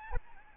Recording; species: mosquito wingbeat signal from an infrared sensor; Aedes albopictus